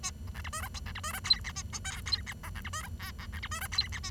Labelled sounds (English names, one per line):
Bengalese Finch song